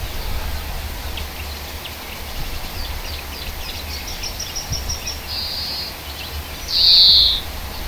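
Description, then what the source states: European greenfinch song of faint, rapid twittering notes leading to a short buzz and one loud, long, nasal wheeze at the close, against low background rumble. Hedge habitat.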